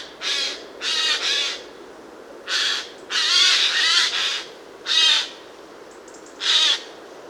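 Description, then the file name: Eurasian jay giving harsh, rasping screeches in a series of noisy bursts, some doubled, repeated irregularly over seven seconds with steady background hiss. "Garrulus glandarius"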